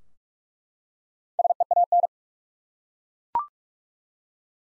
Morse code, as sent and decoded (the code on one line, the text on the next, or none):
... . .- -.
SEAN